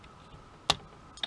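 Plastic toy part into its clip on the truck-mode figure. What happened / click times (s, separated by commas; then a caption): The plastic part snapped into its clip / 0.7 s. A plastic part of a transforming-robot toy in truck mode, whose rear wheels sit outside, is pressed into its clip. A sharp tick at 0.7 s shows it clipping into place, followed by a softer double tick around 1.2 s. No one talks.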